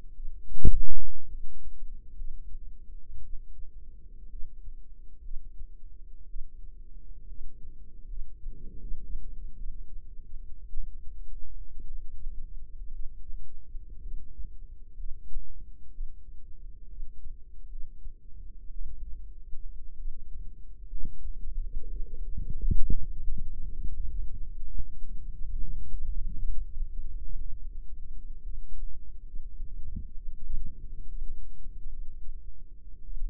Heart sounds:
heart sounds by microphone in the right ear; 60 bpm
0.13 s: heartbeat
1.28 s: heartbeat
2.15 s: heartbeat
3.21 s: heartbeat
4.29 s: heartbeat
5.22 s: heartbeat
6.27 s: heartbeat
7.27 s: heartbeat
8.07 s: heartbeat
8.79 s: heartbeat
9.56 s: heartbeat
10.71 s: heartbeat
11.85 s: heartbeat
12.91 s: heartbeat
14.02 s: heartbeat
14.96 s: heartbeat
15.91 s: heartbeat
16.88 s: heartbeat
17.68 s: heartbeat
18.71 s: heartbeat
19.96 s: heartbeat
20.88 s: heartbeat
21.93 s: heartbeat
23.08 s: heartbeat
24.12 s: heartbeat
25.30 s: heartbeat
26.33 s: heartbeat
27.37 s: heartbeat
28.42 s: heartbeat
29.24 s: heartbeat
30.15 s: heartbeat
31.07 s: heartbeat
31.90 s: heartbeat
33.04 s: heartbeat
From the record:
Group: healthy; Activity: cold pressor test 0-21 s, rest 21-33 s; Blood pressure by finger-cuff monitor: 109/68 mmHg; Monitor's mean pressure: 83 mmHg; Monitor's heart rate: 59 bpm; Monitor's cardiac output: 5.4 L/min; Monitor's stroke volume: 90 mL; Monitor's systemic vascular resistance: 1150 dyn s/cm5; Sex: female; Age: 28 years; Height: 170 cm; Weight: 77 kg

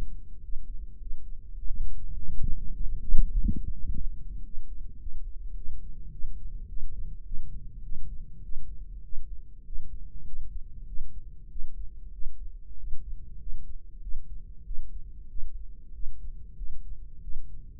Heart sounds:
heart sounds by microphone in the right ear; 100 bpm
0.44 s: heartbeat
1.02 s: heartbeat
1.60 s: heartbeat
2.18 s: heartbeat
2.76 s: heartbeat
3.33 s: heartbeat
3.90 s: heartbeat
4.46 s: heartbeat
5.02 s: heartbeat
5.58 s: heartbeat
6.14 s: heartbeat
6.71 s: heartbeat
7.27 s: heartbeat
7.85 s: heartbeat
8.45 s: heartbeat
9.05 s: heartbeat
9.67 s: heartbeat
10.28 s: heartbeat
10.88 s: heartbeat
11.52 s: heartbeat
12.14 s: heartbeat
12.79 s: heartbeat
13.41 s: heartbeat
14.03 s: heartbeat
14.66 s: heartbeat
15.31 s: heartbeat
15.95 s: heartbeat
16.58 s: heartbeat
17.24 s: heartbeat
From the record:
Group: healthy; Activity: rest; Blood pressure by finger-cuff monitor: 154/70 mmHg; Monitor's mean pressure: 94 mmHg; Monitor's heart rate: 97 bpm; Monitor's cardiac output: 8.8 L/min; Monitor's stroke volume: 92 mL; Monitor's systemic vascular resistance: 790 dyn s/cm5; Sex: male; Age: 21 years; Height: 175 cm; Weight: 72.6 kg

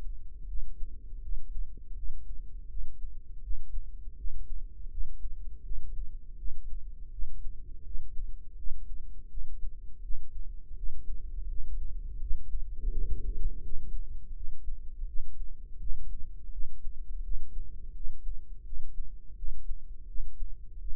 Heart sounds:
heart sounds by microphone in the right ear; 83 bpm
0.46 s: heartbeat
1.21 s: heartbeat
1.94 s: heartbeat
2.67 s: heartbeat
3.41 s: heartbeat
4.16 s: heartbeat
4.89 s: heartbeat
5.62 s: heartbeat
6.36 s: heartbeat
7.10 s: heartbeat
7.83 s: heartbeat
8.55 s: heartbeat
9.28 s: heartbeat
10.01 s: heartbeat
10.74 s: heartbeat
11.46 s: heartbeat
12.18 s: heartbeat
12.89 s: heartbeat
13.61 s: heartbeat
14.33 s: heartbeat
15.05 s: heartbeat
15.77 s: heartbeat
16.50 s: heartbeat
17.22 s: heartbeat
17.92 s: heartbeat
18.63 s: heartbeat
19.34 s: heartbeat
20.05 s: heartbeat
20.78 s: heartbeat
From the record:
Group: healthy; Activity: rest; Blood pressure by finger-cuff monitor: 91/54 mmHg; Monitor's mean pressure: 69 mmHg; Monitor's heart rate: 82 bpm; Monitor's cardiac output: 6.5 L/min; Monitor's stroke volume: 80 mL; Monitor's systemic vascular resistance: 750 dyn s/cm5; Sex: female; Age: 43 years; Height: 160 cm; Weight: 90 kg

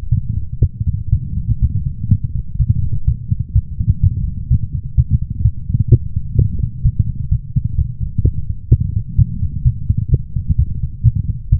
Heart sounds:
heart sounds by stethoscope; 126 bpm
0.10 s: heartbeat
0.60 s: heartbeat
1.11 s: heartbeat
1.60 s: heartbeat
2.09 s: heartbeat
2.57 s: heartbeat
3.06 s: heartbeat
3.54 s: heartbeat
4.01 s: heartbeat
4.49 s: heartbeat
4.96 s: heartbeat
5.43 s: heartbeat
5.90 s: heartbeat
6.36 s: heartbeat
6.83 s: heartbeat
7.29 s: heartbeat
7.76 s: heartbeat
8.23 s: heartbeat
8.70 s: heartbeat
9.17 s: heartbeat
9.63 s: heartbeat
10.10 s: heartbeat
10.57 s: heartbeat
11.03 s: heartbeat
11.50 s: heartbeat
From the record:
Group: healthy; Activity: light exercise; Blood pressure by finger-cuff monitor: 123/70 mmHg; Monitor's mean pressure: 87 mmHg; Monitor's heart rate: 127 bpm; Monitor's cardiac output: 10.2 L/min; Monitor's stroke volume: 81 mL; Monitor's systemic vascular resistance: 630 dyn s/cm5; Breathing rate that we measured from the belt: 22 breaths a minute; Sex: female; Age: 24 years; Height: 163 cm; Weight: 55.7 kg

